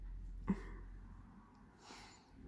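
Plastic 3D puzzle pieces are pushed by thumb into an adjoining puzzle piece, and a short knock is heard at 0.5 s. The pieces end up only partly joined, not properly fitted, and are left to be fitted separately later.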